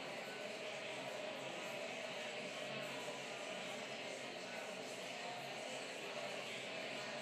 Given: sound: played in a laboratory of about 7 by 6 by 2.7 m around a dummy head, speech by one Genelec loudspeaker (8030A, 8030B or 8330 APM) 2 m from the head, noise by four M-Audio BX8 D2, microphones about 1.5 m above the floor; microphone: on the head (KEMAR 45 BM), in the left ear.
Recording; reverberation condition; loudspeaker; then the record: babble noise; high; four, about 170 cm from the corners of the room and facing them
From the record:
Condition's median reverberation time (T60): about 1300 ms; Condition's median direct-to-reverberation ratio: about -4.0 dB